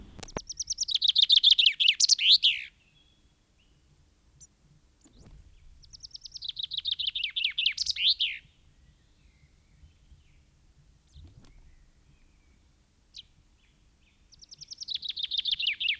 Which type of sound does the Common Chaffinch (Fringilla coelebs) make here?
song